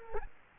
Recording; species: mosquito wingbeat signal from an infrared sensor; Culex quinquefasciatus